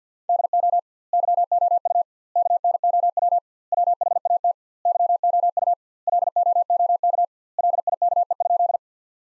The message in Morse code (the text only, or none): DO YOU KNOW WHAT YOU LOOK LIKE?